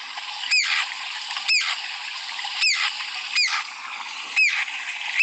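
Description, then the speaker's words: Ground Woodpecker calling, five sharp falling notes against constant background hiss. Very loud call, described as beautiful; much louder heard in the open than in this recording. "Right, I did say I'm going to try and get the sound of that ground woodpecker for you, but here it goes."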